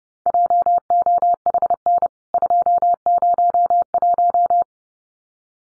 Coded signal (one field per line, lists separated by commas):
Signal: Morse code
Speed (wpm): 30 wpm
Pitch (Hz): 700 Hz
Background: none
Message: JOHN 201